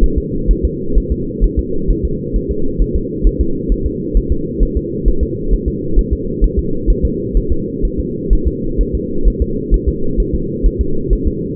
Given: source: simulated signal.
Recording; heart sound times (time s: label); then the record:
fetal heart sounds
0.04 s: S1
0.18 s: S2
0.51 s: S1
0.65 s: S2
0.98 s: S1
1.12 s: S2
1.44 s: S1
1.59 s: S2
1.91 s: S1
2.05 s: S2
2.36 s: S1
2.51 s: S2
2.82 s: S1
2.96 s: S2
3.27 s: S1
3.41 s: S2
3.72 s: S1
3.86 s: S2
4.17 s: S1
4.32 s: S2
4.63 s: S1
4.77 s: S2
5.08 s: S1
5.23 s: S2
5.54 s: S1
5.68 s: S2
5.99 s: S1
6.13 s: S2
6.44 s: S1
6.59 s: S2
6.90 s: S1
7.05 s: S2
7.37 s: S1
7.52 s: S2
7.85 s: S1
8.00 s: S2
8.33 s: S1
8.48 s: S2
8.81 s: S1
8.95 s: S2
9.28 s: S1
9.42 s: S2
9.74 s: S1
9.88 s: S2
10.20 s: S1
10.34 s: S2
10.66 s: S1
10.81 s: S2
11.13 s: S1
11.27 s: S2
From the record:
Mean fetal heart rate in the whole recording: 130 bpm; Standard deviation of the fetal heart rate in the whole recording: 2 bpm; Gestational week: 36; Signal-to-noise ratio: -8.1 dB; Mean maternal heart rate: 72 bpm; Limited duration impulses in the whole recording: absent